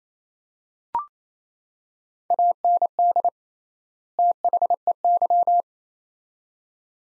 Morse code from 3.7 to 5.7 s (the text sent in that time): THEY